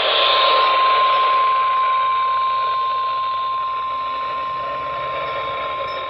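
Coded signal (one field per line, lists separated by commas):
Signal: Emergency Alert System (SAME) tones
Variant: 1050 Hz attention tone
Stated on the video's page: Real EAS alerts from storms in New England.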